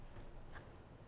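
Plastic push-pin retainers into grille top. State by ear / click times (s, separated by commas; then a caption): not seated / none. Plastic push-type retaining pins are being handled while six of them are fitted along the top of the grille on a 2007–2018 Jeep Wrangler JK, with each pin pushed in and then its center button pressed. Only a steady broadband rustle with faint soft bumps around 0.2 s and 0.6 s is heard. Nothing has seated or clicked yet.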